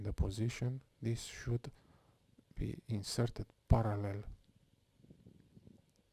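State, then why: Not seated. Someone talks while a 3D-printed ABS cycloidal gear assembly is held parallel and lined up for insertion into a gearbox housing, followed by faint, soft handling sounds. Nothing has clicked or seated yet.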